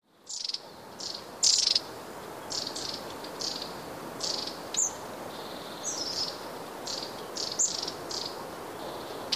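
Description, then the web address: Long-tailed tit giving short, high, buzzy rattles at irregular intervals, with a few thin sharp notes, over steady background hiss. "wroblowe kolekcja raniuszek"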